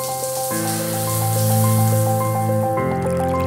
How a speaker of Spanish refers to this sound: Te levantas. Una ducha.